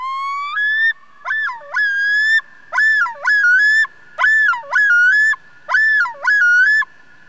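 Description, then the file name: Loon call: a long rising wail, then a run of several yodelling, bouncing phrases. "Loon Piper Burnham"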